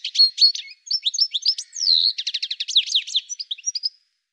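Bird song: a dense, fast jumble of high twitters and chirps with a smooth falling whistle partway through, stopping abruptly after about four seconds.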